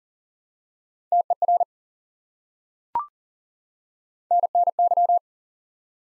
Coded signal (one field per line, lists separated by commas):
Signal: Morse code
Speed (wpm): 40 wpm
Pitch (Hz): 700 Hz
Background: none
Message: TER NNY